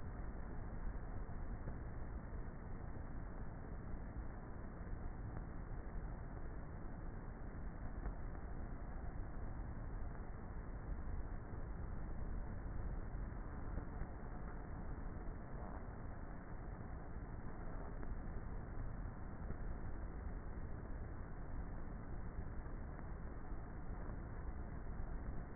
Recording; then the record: honeybee colony, microphone inside the hive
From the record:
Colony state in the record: queenless with a low population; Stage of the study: before two queens were removed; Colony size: about 30,000 bees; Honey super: no